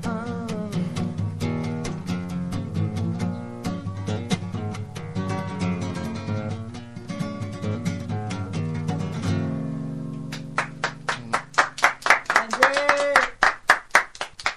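Music with singing plays, then in the last few seconds loud, sharp hand claps break in, about a dozen of them in a steady rhythm over the continuing melody.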